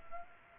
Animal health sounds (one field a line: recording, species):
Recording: mosquito wingbeat signal from an infrared sensor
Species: Culex pipiens